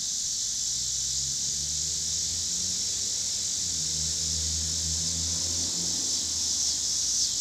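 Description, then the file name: Cicadas keep up a constant shrill buzzing chorus while a car passes, its low engine hum beneath the insects. Cicadas recorded with passing car noise in Pittsburgh, Pennsylvania, on 26 August 2023. "cicadas and cars Pittsburgh PA"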